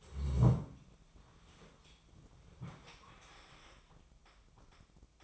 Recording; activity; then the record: daily activity, microphone in the room; sit down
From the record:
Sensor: 1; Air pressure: 1005.1 hPa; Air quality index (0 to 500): 123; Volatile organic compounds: 5 ppm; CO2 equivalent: 1716 ppm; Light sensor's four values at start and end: 10/25/10/11 and 11/27/10/11